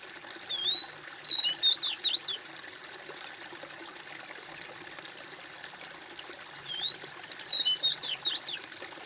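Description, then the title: Bird song in two phrases of rapid, twisting high whistles, one near the start and another several seconds later, with steady hiss between. "kOMPILASI suara bird"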